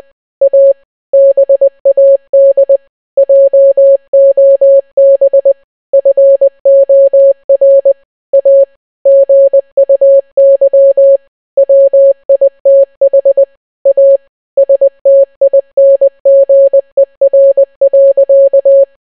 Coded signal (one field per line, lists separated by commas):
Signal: Morse code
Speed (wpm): 20 wpm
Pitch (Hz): 550 Hz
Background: none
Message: A BAD JOB FOR A GUY WITH A STINGER.